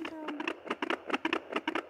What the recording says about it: Bought a Doppler machine so you could hear her heartbeat. We started doing it every single day as a good morning and a good night. Her heart beating.